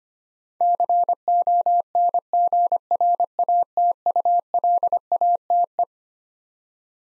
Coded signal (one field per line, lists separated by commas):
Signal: Morse code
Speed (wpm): 25 wpm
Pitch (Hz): 700 Hz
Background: none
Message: CONGRATULATE